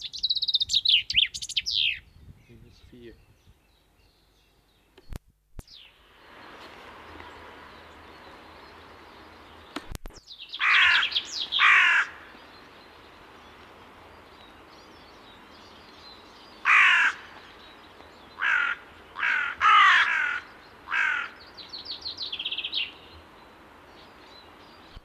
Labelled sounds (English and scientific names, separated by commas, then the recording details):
Common Chaffinch (Fringilla coelebs) song
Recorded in the wild
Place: Garmisch-Partenkirchen, Bayern, DE
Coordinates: 47.4931, 11.0636
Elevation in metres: 780
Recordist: Tretzel, Erwin